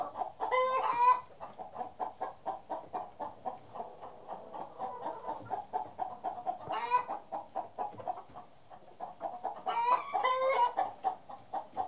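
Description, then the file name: Chicken: hens keep up a rapid, continuous clucking, with loud harsh squawks at the start, near the middle and twice toward the end. More than one chicken. "kury"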